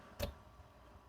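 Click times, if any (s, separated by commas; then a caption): 0.2 s. The second water line connector is pushed into a quick-connect fitting on an Ecoviva reverse osmosis water filter unit. It gives a single short, bright tick at 0.2 s over a low, quiet background. The line seats in the fitting.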